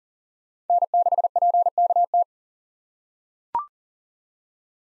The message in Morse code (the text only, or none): N6PKT